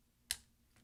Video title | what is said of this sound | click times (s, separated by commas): QUOTES key replacement 13" Macbook Pro 2.4 Ghz 1278 mid-2010 MC374 AC07 | you're just going to wedge it back until it snaps out try it again here | 0.3 s